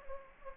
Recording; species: mosquito wingbeat signal from an infrared sensor; Anopheles gambiae